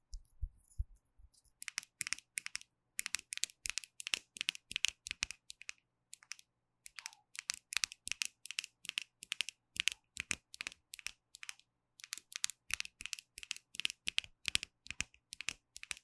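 Rapid crisp tapping and scratching on gel nail supplies, dense clicky bursts in quick clusters with short pauses near seconds two, six and twelve.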